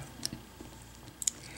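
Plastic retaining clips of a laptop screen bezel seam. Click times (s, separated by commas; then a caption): 0.2 s, 1.3 s. Prying open the plastic seam between the hinge cover and the screen assembly of an HP Chromebook 11 CB2 with a hobby knife makes the plastic retaining clips of the screen bezel let go. Sharp snaps are heard at 0.3 s and 1.3 s, with a fainter snap just before the second at 1.2 s. The bezel clips snap open and release.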